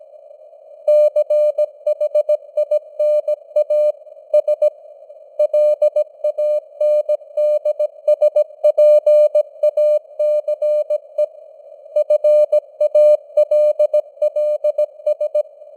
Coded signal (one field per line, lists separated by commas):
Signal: Morse code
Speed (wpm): 17 wpm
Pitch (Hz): 600 Hz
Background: none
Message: CHINA S LANDSPACE FALLS